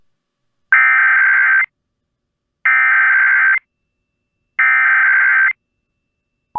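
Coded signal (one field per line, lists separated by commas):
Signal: Emergency Alert System (SAME) tones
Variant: header bursts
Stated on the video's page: Required Monthly Test on an FM broadcast station in Florence, South Carolina.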